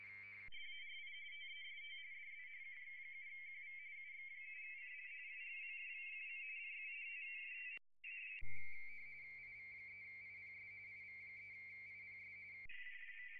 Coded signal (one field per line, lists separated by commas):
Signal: RTTY